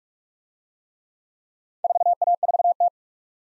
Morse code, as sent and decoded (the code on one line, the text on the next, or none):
....- .- ....- -
4A4T